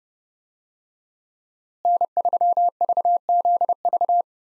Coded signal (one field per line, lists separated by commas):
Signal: Morse code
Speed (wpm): 30 wpm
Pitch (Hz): 700 Hz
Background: none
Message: N3VZV